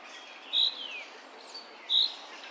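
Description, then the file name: Common chaffinch uttering two brief high call notes about a second and a half apart. "Fringilla coelebs"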